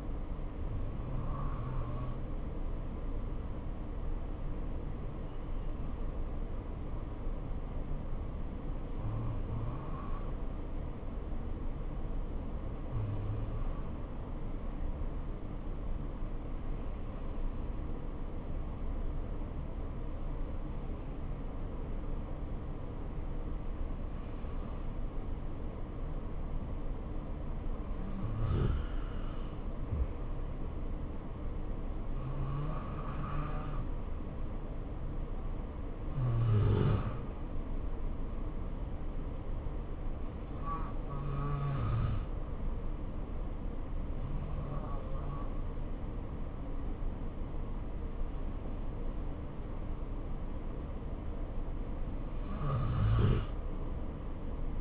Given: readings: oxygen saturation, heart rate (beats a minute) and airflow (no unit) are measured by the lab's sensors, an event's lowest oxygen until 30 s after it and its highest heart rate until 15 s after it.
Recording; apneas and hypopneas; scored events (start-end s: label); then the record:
breathing in sleep by a smartphone at the bedside; 1
3.00-27.40 s: obstructive apnea (N2, oxygen 94% highest, then 90% lowest, heart rate 68 at the start, 68 highest)
From the record:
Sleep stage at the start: N2 (light sleep); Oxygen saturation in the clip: 88 to 94%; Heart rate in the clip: 60 to 68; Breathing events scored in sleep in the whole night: 277 in 7.4 hours asleep